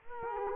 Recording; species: mosquito wingbeat signal from an infrared sensor; Culex quinquefasciatus